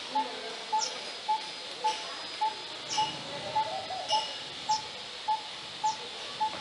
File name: Coppersmith barbet alok